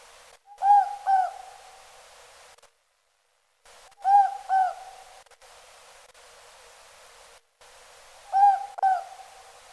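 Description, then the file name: Morepork hooting a paired 'more-pork' phrase three times against light background hiss. Recorded in pakihi at Okarito, New Zealand, on 22 December 2004. "morepork spel pakihi okarito"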